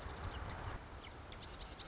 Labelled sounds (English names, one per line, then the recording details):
Marsh Wren
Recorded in Sonoma County, California